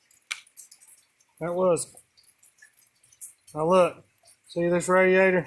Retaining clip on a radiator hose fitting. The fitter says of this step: this right in between it you'll hear it click that was